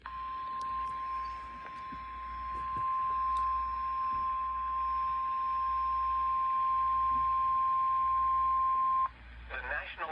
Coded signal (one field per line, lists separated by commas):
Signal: Emergency Alert System (SAME) tones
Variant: 1050 Hz attention tone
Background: speech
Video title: [EAS] Severe Thunderstorm Warning 6/14/24